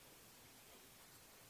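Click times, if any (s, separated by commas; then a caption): none. A TECMIYO DDR4 3600MHz memory module, the second stick, is being handled at a desktop motherboard slot. Only a steady broadband hiss is heard, with no clicks. Nothing has seated or clicked yet.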